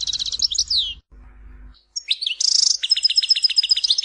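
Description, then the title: European goldfinch twitter, a brief burst, then a short buzz and quick repeated notes, with a low hum in the background. "Chant Chardonneret"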